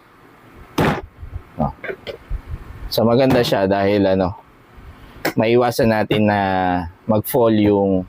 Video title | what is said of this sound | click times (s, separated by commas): OFF-GRID SOLAR - INGCO STACKABLE TOOL STORAGE BOX - 16" AND 19" DEEP TOOL BOX | So pag nai-lock natin yan. Ayan. So yan magkakabit na sila. | 0.8 s